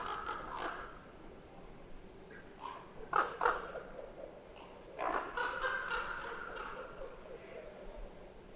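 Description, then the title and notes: Common ravens calling: hoarse, irregular croaks, with louder bursts in the middle. Flock of 50 ravens flying to their night roost in the afternoon, 25 October 2019; calling a lot, tumbling and squabbling; binaural Nagra Seven with MKH8020. "Sentier de la Sarcena. une bande de 50 grands corbeaux"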